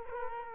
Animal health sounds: mosquito wingbeat signal from an infrared sensor; Culex quinquefasciatus

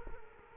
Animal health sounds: mosquito wingbeat signal from an infrared sensor; Culex quinquefasciatus

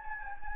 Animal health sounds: mosquito wingbeat signal from an infrared sensor; Anopheles gambiae

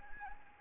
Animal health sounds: mosquito wingbeat signal from an infrared sensor; Anopheles gambiae

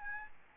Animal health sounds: mosquito wingbeat signal from an infrared sensor; Aedes albopictus

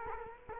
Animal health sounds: mosquito wingbeat signal from an infrared sensor; Culex quinquefasciatus

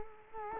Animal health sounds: mosquito wingbeat signal from an infrared sensor; Culex quinquefasciatus

